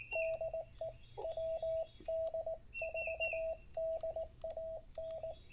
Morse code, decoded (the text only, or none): DE WD4DAN